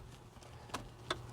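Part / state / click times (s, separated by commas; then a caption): wiring harness plug into the back of the car stereo unit / seated / 0.8 s, 1.1 s. The other end of a wireless CarPlay/Android Auto interface harness is pushed almost fully into the back of the head unit of a 2014–2017 Mercedes S-Class (NTG5) with its locking lever open. The lever is then closed to lock it, giving sharp clicks at 0.8 s and 1.1 s as the connector seats and locks in place. A fainter tick comes earlier at 0.4 s.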